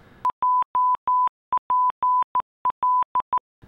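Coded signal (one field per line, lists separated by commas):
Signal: Morse code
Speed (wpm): 14 wpm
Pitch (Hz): 1000 Hz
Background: none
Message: JPL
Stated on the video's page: Special messages sent home from Mars by the Curiosity rover.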